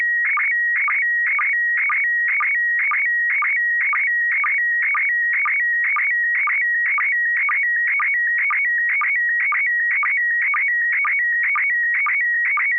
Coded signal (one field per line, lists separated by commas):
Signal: SSTV (slow-scan television)